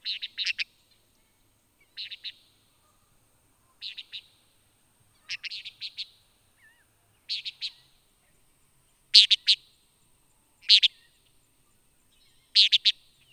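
Antillean nighthawk repeating quick stuttered clusters of three or four notes.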